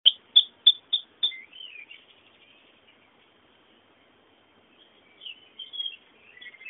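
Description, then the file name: Bird song: five sharp high chirps in quick succession, then quieter warbling phrases with a pause of near silence in the middle. Background birdsong. "fondo pajaros"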